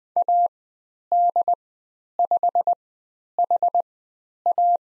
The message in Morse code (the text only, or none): AD5HA